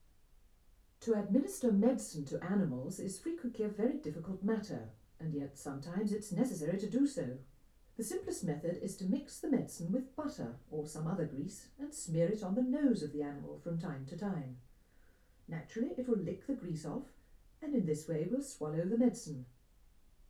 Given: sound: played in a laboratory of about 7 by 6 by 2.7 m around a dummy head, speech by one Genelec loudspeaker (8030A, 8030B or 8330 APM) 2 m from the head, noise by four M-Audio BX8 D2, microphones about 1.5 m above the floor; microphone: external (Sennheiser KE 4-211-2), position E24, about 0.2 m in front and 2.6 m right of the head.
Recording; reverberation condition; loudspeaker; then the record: female speech in English; low; 150 degrees to the right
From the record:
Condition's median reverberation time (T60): about 310 ms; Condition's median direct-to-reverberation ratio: about 3.5 dB